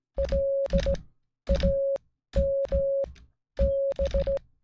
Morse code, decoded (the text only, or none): LAMB